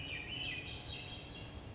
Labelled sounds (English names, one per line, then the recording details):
Swainson's Thrush
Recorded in Sonoma County, California